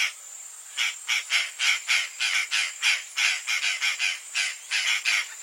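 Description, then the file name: Purplish jay giving rapid, raspy caws in a near-continuous run of about three per second, loud and harsh over a faint constant high-pitched hiss. Pantanal. "canto da gralha do pantanal"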